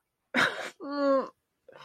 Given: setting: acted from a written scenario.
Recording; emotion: vocal sound without words; embarrassment